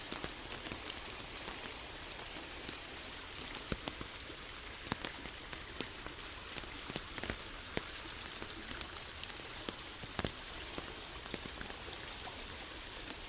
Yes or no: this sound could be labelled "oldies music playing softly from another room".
no